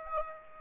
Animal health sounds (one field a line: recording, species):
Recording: mosquito wingbeat signal from an infrared sensor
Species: Aedes aegypti